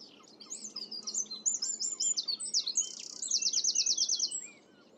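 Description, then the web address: Bird song, a bright high jumble of quick notes running into a rapid, even trill, then falling silent. "cianscape birddata Deverinetal 2025"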